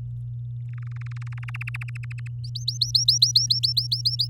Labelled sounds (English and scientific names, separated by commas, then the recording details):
Domestic Canary (Serinus canaria) song
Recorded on 8 May 2018 at 05:50
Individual llb16